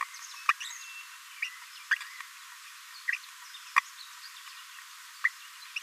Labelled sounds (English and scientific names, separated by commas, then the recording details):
Green-rumped Parrotlet (Forpus passerinus) babbling
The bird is a male
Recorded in a nest box in Venezuela
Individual 17B42A3